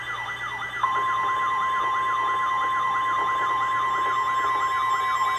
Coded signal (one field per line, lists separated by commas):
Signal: Emergency Alert System (SAME) tones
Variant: 1050 Hz attention tone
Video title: Overnight FLW Mania... EAS Alerts from 4/30 - 5/1/23 (EAS 9761-9774)